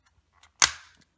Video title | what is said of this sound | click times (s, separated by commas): PS4 Controller Thumbstick Modification | your small snapping sound don't worry about that there we go once it pops up fully | 0.6 s